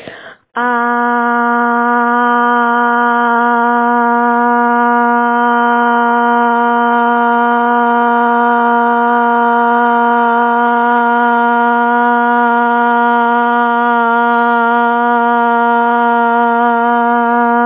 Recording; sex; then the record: sustained vowel /a/; female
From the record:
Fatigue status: no fatigue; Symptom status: symptomatic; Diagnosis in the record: COVID-19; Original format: 3gp